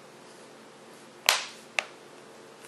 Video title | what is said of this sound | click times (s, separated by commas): iPAD - CLEAR CASE & STAND - FROM iSEE - HD QUALITY | it on top I'm going to snap it into place basically | 1.3 s, 1.8 s